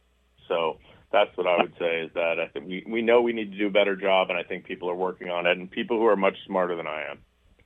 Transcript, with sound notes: So that's what I would say-
(laughs)
... is that, uh, we, we know we need to do a better job and I think people are working on it, and people who are much smarter than I am.